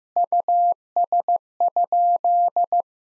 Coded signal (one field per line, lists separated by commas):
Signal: Morse code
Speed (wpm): 15 wpm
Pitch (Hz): 700 Hz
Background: none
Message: US?